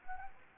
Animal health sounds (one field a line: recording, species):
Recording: mosquito wingbeat signal from an infrared sensor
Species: Anopheles arabiensis